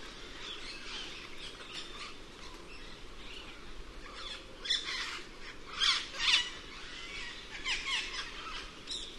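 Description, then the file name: Cuban amazon squawks, loud raspy calls in uneven bursts during the second half, with quieter chatter earlier. "cuban parrot"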